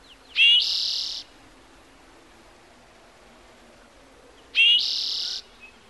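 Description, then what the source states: Bird song: two phrases about four seconds apart, each a quick whistled note running into a dense, high buzzy trill. Recorded in the morning.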